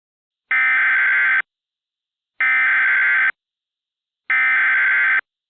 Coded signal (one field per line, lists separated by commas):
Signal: Emergency Alert System (SAME) tones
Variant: header bursts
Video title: EAS Mock #15 - Cash Machine